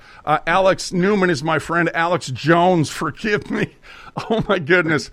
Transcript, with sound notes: Alex Newman is my friend. Alex Jones, forgive me. (laughs) Oh my goodness.